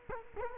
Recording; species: mosquito wingbeat signal from an infrared sensor; Culex quinquefasciatus